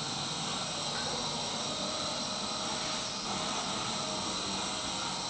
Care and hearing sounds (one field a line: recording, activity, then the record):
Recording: daily activity, microphone in the room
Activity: vacuum cleaning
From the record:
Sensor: 3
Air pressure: 991.0 hPa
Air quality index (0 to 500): 129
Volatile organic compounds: 151 ppm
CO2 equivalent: 4026 ppm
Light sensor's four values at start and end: 30/71/29/27 and 30/71/29/27